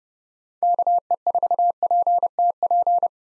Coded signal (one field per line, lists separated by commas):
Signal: Morse code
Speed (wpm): 31 wpm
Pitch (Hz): 700 Hz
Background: none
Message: KE4PTP